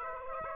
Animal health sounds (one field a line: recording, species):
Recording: mosquito wingbeat signal from an infrared sensor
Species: Aedes aegypti